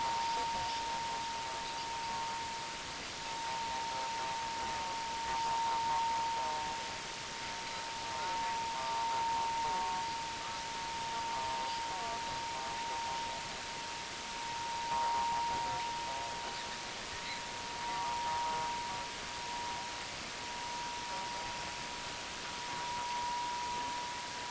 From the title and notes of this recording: More radiowave exploration during the lunar eclipse.